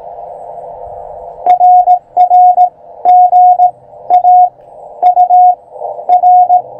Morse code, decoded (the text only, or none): RR GA UR